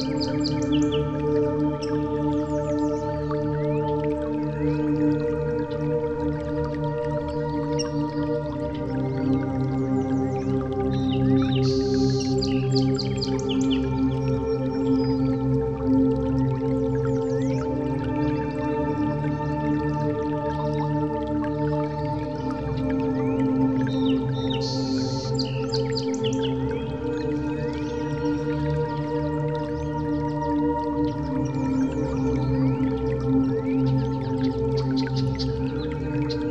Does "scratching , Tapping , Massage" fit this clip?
no